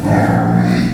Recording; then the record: squeal of a Yucatan mini pig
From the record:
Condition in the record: after surgery on the right vocal fold (resection and tissue-engineered implant); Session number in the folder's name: 2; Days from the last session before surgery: 18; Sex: female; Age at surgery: 19 weeks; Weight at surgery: 25 kg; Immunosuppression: prednisolone